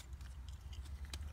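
A coil spring in a Voss ST24 typewriter is pulled with a string onto the opposite-side anchor so it takes tension, with a low steady hum and a few faint ticks underneath. A sharp click at 1.1 s marks the spring hooking on, and it is seated under tension.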